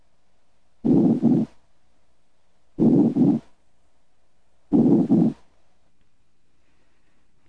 Diminished breath sounds, shallow breathing. During shallow breathing, less respiratory movement occurs. Consequently, less air flows through the airways during inspiration and expiration. Because of this reduced airflow, turbulence is decreased and breath sounds are diminished. Shallow breathing produces diminished breath sounds.